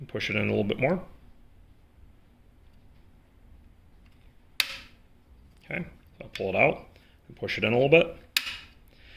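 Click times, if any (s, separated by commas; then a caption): 8.4 s. A Savage 23A magazine is being fitted to an old-pattern Savage 23A rimfire rifle; it is pulled out and pushed back into the rifle's magazine well while someone talks, with a similar sharp snap around 4.6 s. At 8.4 s the magazine's spring catch snaps it into place with a loud, sharp snap against a heavy spring, and the magazine is seated.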